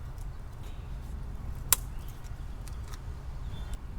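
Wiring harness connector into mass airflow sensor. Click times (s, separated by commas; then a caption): 1.7 s. A wiring harness plug on a Toyota Tacoma is pushed back onto the mass airflow sensor after cleaning. Over a low steady background rumble, one loud sharp click sounds at 1.7 s, followed by a few much fainter ticks. The connector is seated.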